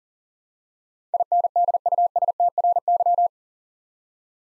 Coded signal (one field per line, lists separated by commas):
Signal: Morse code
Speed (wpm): 40 wpm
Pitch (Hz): 700 Hz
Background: none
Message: INDUSTRY